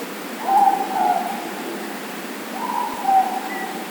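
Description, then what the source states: Morepork calls, two double hoots roughly two seconds apart over constant rushing background noise. Four moreporks calling.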